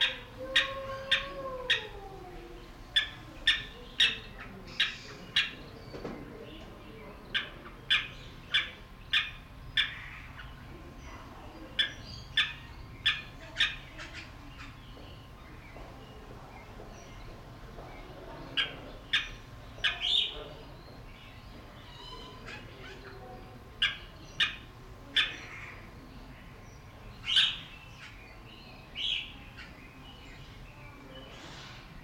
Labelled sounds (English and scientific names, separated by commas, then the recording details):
Spur-winged Plover (Vanellus spinosus) call
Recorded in captivity
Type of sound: call, call sequence
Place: Zoo Berlin, Berlin, DE
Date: 1992-08-01 11:24
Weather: sonnig, 22-26°C
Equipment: Marantz CP 430, Sennheiser ME 80, Kopie Tesla B 116
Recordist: Tembrock, Günter
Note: Rufreihen, Abstand ca. 2 m